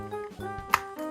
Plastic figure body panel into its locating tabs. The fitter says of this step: like that it should snap into place and these are basically going to be